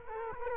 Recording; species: mosquito wingbeat signal from an infrared sensor; Culex quinquefasciatus